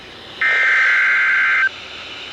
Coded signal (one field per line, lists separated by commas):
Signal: Emergency Alert System (SAME) tones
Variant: header bursts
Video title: Tornado Watch 89 On WXJ75 & WDZQ-FM 4/2/2026 (EAS #3,139-3,140)